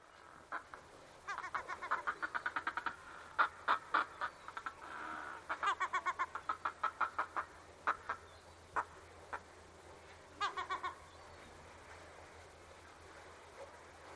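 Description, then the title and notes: Northern Fulmar cackling, harsh rapid stuttering chatter in several bursts, then near quiet over the last few seconds. Recorded on the Isle of May in August 2022. "Intro – Fulmar"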